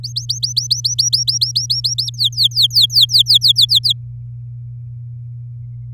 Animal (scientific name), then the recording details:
Serinus canaria. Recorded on 11 May 2018 at 08:09. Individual llb16